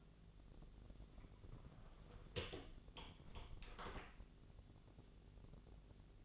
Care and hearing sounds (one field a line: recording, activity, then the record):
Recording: daily activity, microphone in the room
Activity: close door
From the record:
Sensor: 4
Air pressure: 1001.2 hPa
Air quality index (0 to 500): 185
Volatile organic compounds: 3 ppm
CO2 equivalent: 1324 ppm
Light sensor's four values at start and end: 15/35/14/15 and 16/38/15/16